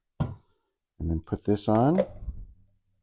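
A plastic outer bowl is being handled and fitted onto the lid assembly of a Ninja ice cream maker while someone talks. A brief knock-like sound is heard at 0.2 s. The bowl has not clicked or seated onto the lid yet.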